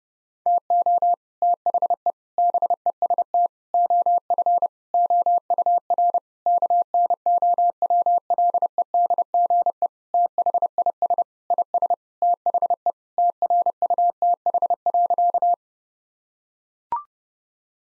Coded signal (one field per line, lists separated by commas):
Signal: Morse code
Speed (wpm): 30 wpm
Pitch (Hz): 700 Hz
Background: none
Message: TO THE BEST OF OUR KNOWLEDGE THIS IS THE TRUTH.